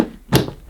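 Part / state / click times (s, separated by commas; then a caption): bag compartment door on a canister vacuum cleaner / seated / 0.3 s. The plastic bag compartment door of a Hoover Vortex Evo canister vacuum is closed after its dust bag has been fitted correctly. A single sharp thunk at 0.4 s is followed by a much fainter tap at 0.5 s. The door is shut and latched.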